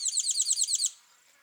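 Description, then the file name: Tinkling cisticola giving one quick, bright rattling trill of rapidly repeated tinkling notes lasting under a second, then quiet. Call; Kawelwa, Zambia, 12 December 2021. "Tinkling-Cisticola-call-ZM-Kawelwa-211212"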